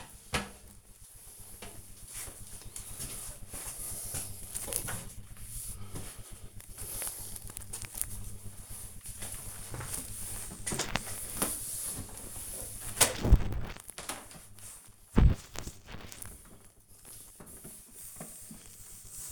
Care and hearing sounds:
household activities, microphone on the right wrist
0.00-19.32 s: cleaning bathroom

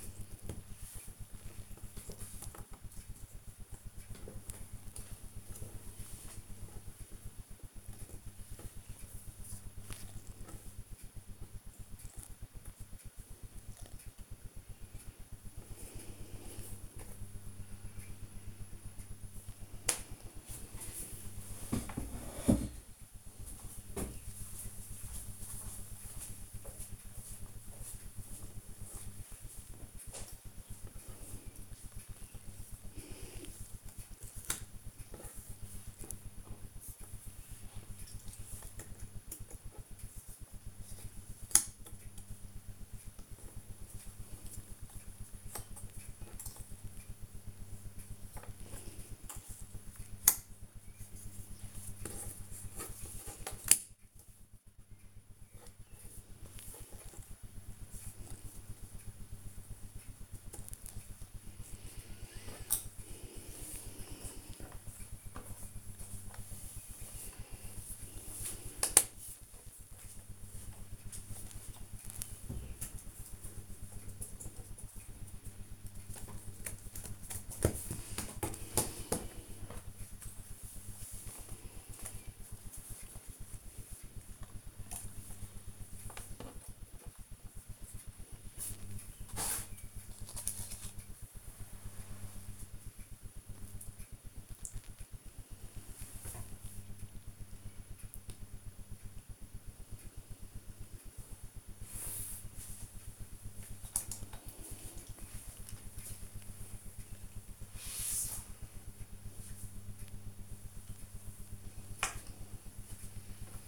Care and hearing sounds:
household activities, microphone on the right wrist
0.00-1.48 s: doing a puzzle
3.48-75.90 s: doing a puzzle
77.90-113.67 s: doing a puzzle

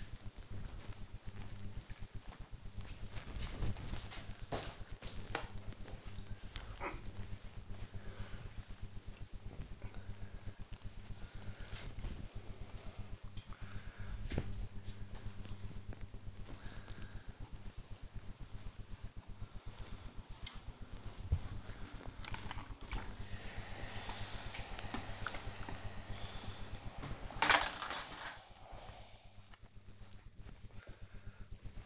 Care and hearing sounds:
household activities, microphone on the right wrist
22.74-31.86 s: ironing laundry

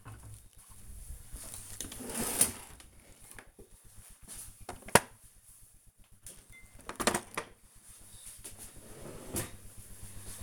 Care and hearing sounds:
household activities, microphone on the right wrist
0.00-10.43 s: cleaning out the dishwasher

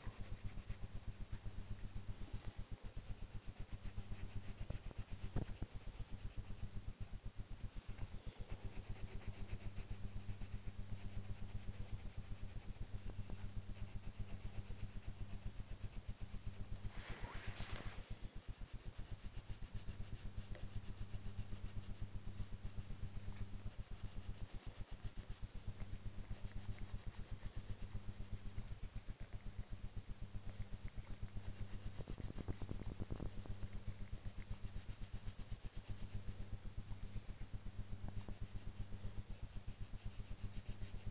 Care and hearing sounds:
household activities, microphone on the right wrist
0.00-41.11 s: drawing

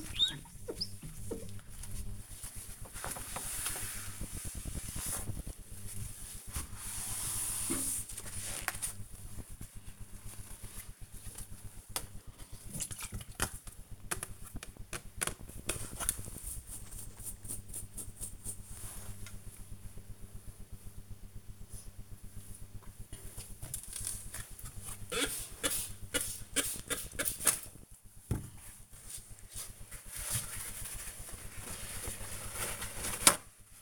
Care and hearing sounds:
household activities, microphone on the right wrist
0.00-10.22 s: window cleaning
24.32-33.82 s: window cleaning

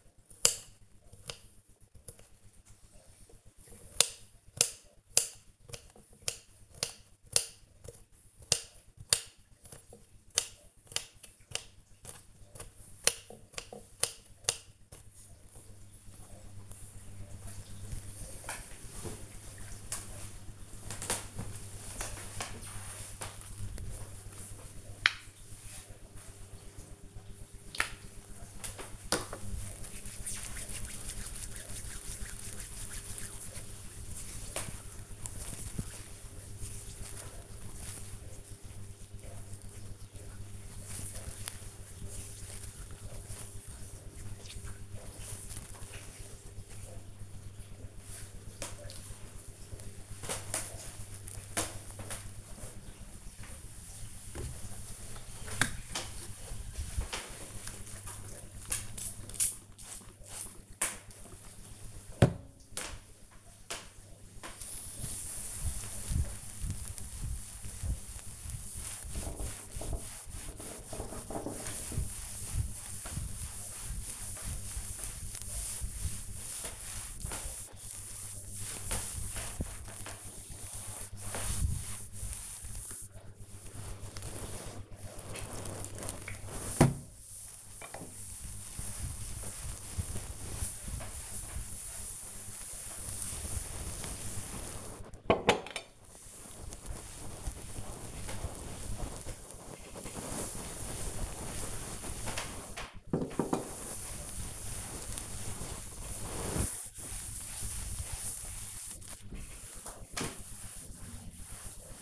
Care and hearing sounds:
household activities, microphone on the right wrist
0.00-15.71 s: cutting vegetables
23.77-44.95 s: cream hands
53.03-112.02 s: cleaning table

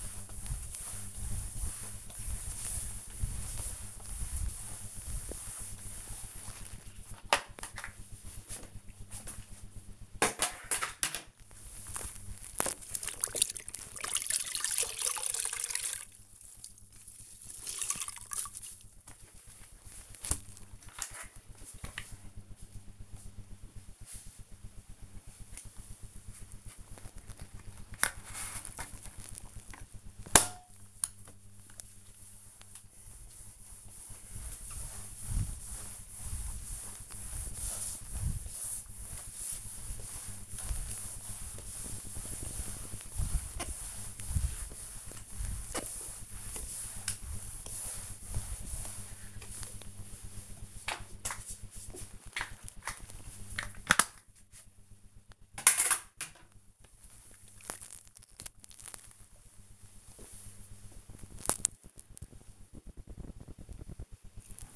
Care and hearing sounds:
household activities, microphone on the right wrist
0.00-57.34 s: floor cleaning

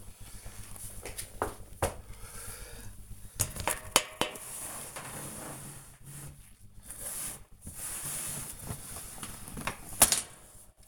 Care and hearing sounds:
household activities, microphone on the right wrist
0.00-10.88 s: cleaning the cupboard

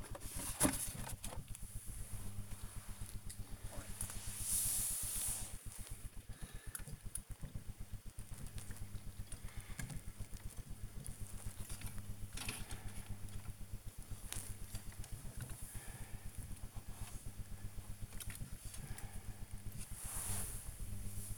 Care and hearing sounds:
household activities, microphone on the right wrist
0.00-21.38 s: dusting model cars

